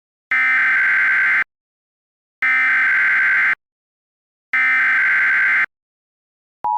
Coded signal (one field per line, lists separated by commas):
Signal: Emergency Alert System (SAME) tones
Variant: header bursts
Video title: EAS Scenario - Tornado Warning for St. Cloud, MN